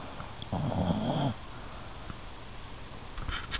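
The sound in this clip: Dog snore: a single rough, low rumbling breath lasting under a second, then quiet background noise.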